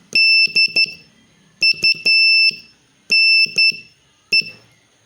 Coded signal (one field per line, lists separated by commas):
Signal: Morse code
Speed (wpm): 12 wpm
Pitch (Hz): 2650 Hz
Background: none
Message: DUNE